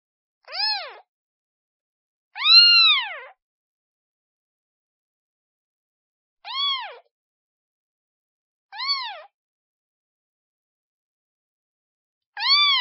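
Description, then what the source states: Cat: kitten repeatedly meowing, five tonal mews of varying length, one longer and louder, irregularly spaced over the stretch. Kitten calling for its mother.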